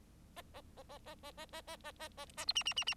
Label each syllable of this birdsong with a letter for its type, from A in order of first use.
A A A A A A A A A A A A A B C C C C